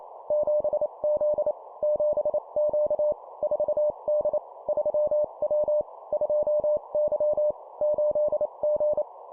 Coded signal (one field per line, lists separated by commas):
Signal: Morse code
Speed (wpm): 28 wpm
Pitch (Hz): 600 Hz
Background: none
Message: 7Z 7Q 4D 3W 2Y 8G